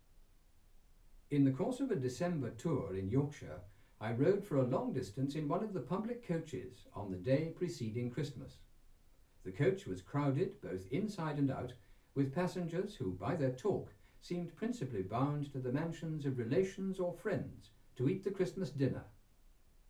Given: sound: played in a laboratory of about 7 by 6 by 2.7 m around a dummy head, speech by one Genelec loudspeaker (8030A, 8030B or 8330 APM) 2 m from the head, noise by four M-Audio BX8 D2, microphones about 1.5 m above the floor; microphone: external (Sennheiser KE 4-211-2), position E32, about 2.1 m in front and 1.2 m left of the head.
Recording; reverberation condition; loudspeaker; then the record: male speech in English; low; 90 degrees to the right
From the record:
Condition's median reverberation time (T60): about 310 ms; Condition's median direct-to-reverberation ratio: about 3.5 dB